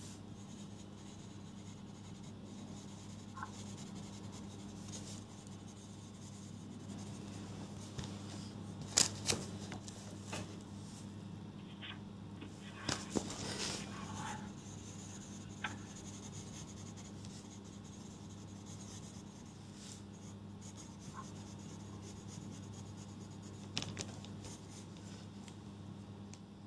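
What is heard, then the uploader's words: Someone goes through notes and rewrites them. A pen scratches and rubs on paper in short bursts, with sharper taps and paper handling around 9, 13 and 24 seconds. A steady low hum runs underneath throughout. Going through my notes and re-writing stuff.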